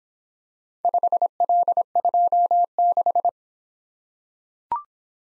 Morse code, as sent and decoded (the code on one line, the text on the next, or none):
..... .-.. ..--- -....
5L26